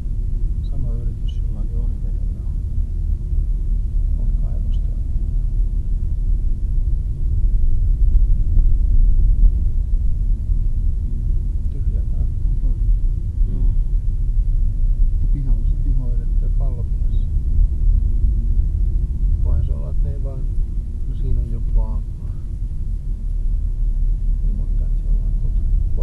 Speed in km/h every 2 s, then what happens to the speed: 20, 20, 19, 18, 10, 18, 17, 19, 18, 20, 20, 20, 21.
0-8 slows to 10. 8-26 steady at about 19.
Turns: none.